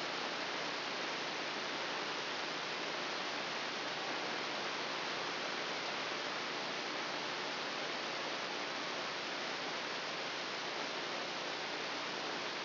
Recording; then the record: brain microelectrode recording played as sound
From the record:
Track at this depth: inside the subthalamic nucleus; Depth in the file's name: 2.909 mm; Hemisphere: left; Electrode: 2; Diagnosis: Parkinson's disease